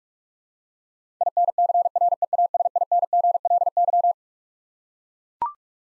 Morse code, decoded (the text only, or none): INCREASINGLY